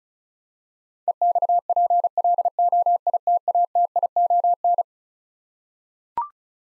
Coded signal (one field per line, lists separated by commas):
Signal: Morse code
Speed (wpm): 36 wpm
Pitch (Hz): 700 Hz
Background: none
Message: EXPLOITATION